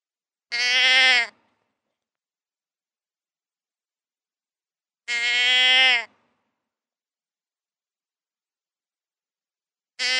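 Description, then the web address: Deer bleating at a slow, steady pace: nasal bleats repeated about every four and a half seconds, the last one cut off, with no other sounds. "wild-game-downloads deer"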